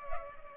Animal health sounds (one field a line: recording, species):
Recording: mosquito wingbeat signal from an infrared sensor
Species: Culex pipiens